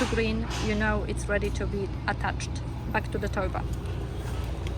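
Someone talks while handling the steel detachable tow ball neck of a Westfalia detachable towbar on a Mercedes GL350, its key mechanism set so the indicator shows green to green, ready to go back into the towbar receiver under the car. Steady low background rumble runs under the talking. Nothing has seated or clicked into the receiver yet.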